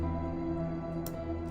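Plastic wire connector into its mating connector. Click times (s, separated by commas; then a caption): 1.1 s. Two matching plastic wire connectors lettered G on a Halloween animatronic prop are lined up and pushed together, the lead going to the prop's talk box. Over steady background music, a short, sharp click sounds at 1.1 s. The connector is seated, G joined to G.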